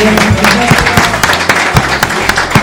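An audience applauds a band with loud, steady, dense clapping that carries on without a break, with a few sharper claps standing out and a low hum underneath.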